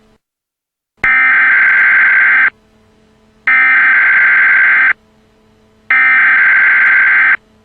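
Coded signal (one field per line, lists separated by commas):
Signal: Emergency Alert System (SAME) tones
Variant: header bursts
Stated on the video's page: Fictional mock EAS alert for a missile crisis during an imagined invasion of Lylat.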